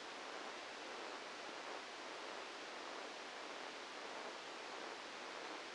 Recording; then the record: brain microelectrode recording played as sound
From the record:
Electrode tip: outside the subthalamic nucleus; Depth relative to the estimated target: 4 mm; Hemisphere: left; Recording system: NeuroSet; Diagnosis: Parkinson's disease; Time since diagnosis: 9 years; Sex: male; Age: 61 years